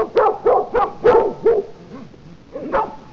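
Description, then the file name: Dog barking in a quick run of sharp, clipped barks about every third of a second, then a short pause and a few softer barks near the end. "DGSBRKNG"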